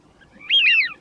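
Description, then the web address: Eurasian wigeon giving a single clear whistled note that rises and then slides downward, with faint low background hum. From a duck decoy caller chip. "Свиязь Fischione. plurifon"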